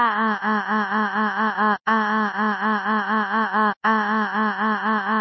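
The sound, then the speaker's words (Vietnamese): A loud, mournful wailing scream from a furious young woman in the sky, sending out rings of sound waves, held in three long stretches with two brief breaks, its tone wavering rapidly up and down in a steady, trembling pattern, with no talking. “Âm thanh nghe có phần thê lương vang lên.”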